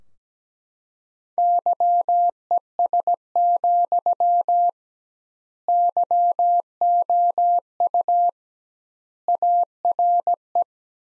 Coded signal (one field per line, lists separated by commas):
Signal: Morse code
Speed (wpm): 17 wpm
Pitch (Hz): 700 Hz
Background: none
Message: YES, YOU ARE